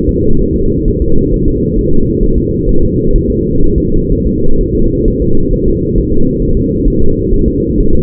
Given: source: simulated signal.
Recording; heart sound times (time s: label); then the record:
fetal heart sounds
0.09 s: S2
0.41 s: S1
0.56 s: S2
0.88 s: S1
1.02 s: S2
1.34 s: S1
1.48 s: S2
1.79 s: S1
1.93 s: S2
2.23 s: S1
2.38 s: S2
2.69 s: S1
2.83 s: S2
3.16 s: S1
3.30 s: S2
3.64 s: S1
3.78 s: S2
4.12 s: S1
4.26 s: S2
4.61 s: S1
4.75 s: S2
5.08 s: S1
5.22 s: S2
5.53 s: S1
5.68 s: S2
5.98 s: S1
6.12 s: S2
6.43 s: S1
6.57 s: S2
6.88 s: S1
7.02 s: S2
7.33 s: S1
7.48 s: S2
7.80 s: S1
7.95 s: S2
From the record:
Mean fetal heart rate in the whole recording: 130 bpm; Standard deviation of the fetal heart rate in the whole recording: 4 bpm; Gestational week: 38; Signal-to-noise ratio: -19.1 dB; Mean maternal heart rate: 72 bpm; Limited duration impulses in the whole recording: present